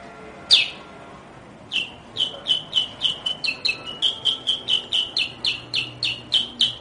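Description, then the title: Sooty-headed bulbul: one loud note, then a steady, rapid series of short bright chirps. "Suara Burung Kutilang"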